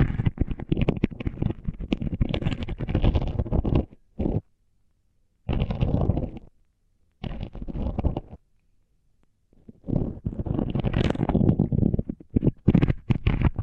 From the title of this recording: Sensitive Tingles with Mics Under Tape